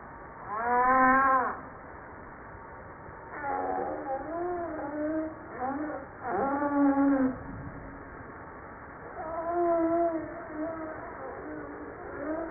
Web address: JASA 2013 Blue Bowhead Fin Humpback Southern Right Whale humpback 940305 0937